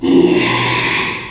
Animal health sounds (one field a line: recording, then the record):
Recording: squeal of a Yucatan mini pig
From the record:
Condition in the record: after surgery on the right vocal fold (resection and tissue-engineered implant)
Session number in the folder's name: 1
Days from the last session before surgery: 6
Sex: male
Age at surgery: 12 weeks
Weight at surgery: 13 kg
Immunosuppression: cyclosporine, prednisolone